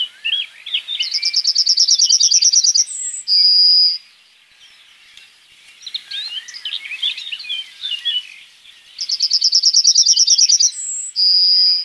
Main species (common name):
Yellowhammer